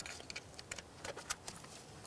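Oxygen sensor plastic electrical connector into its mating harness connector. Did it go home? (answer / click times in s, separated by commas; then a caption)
no / none. An oxygen sensor's plastic electrical connector is lined up and pressed by hand toward its mating harness connector while replacing the rear exhaust manifold catalytic converter assembly on a 2004-2008 Acura TL. Light, sharp handling ticks and rattles are heard at about 0.0, 0.3, 0.4 and 0.7 seconds, with softer scuffs after. The connector has not yet clicked or seated.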